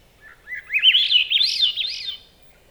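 Swainson's thrush singing one phrase: a few soft low notes, then liquid, whirling flute notes that rise overall, peaking near the end before fading.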